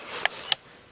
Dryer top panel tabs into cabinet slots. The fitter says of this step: those were in I was able to push this top forward and it snapped in up here really